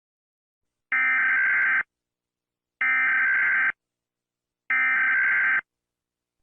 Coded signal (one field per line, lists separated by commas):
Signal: Emergency Alert System (SAME) tones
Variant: header bursts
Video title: CBNRP - EAS Alert - Waves went above the sky.